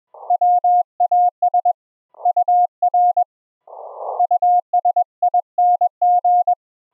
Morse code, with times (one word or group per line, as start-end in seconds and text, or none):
0.3-1.7 WAS
2.3-3.2 UR
4.2-6.5 USING